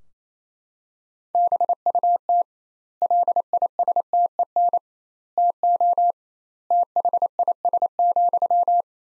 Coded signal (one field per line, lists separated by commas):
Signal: Morse code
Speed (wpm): 28 wpm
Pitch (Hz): 700 Hz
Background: none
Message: BUT LISTEN TO THIS,